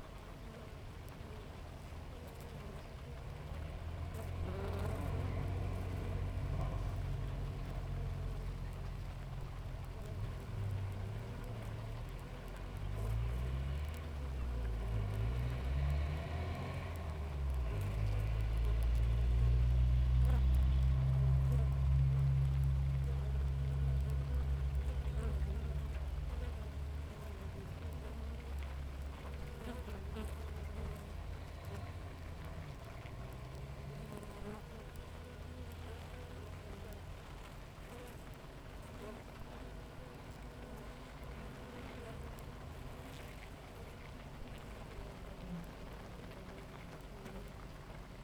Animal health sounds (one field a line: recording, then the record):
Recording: honeybee colony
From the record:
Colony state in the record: active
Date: 28 July 2017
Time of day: 6:55